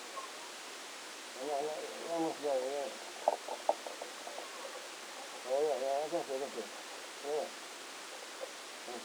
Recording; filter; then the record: brain microelectrode recording played as sound; spike band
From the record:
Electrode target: subthalamic nucleus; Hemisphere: left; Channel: 2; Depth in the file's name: 2.977 mm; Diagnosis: Parkinson's disease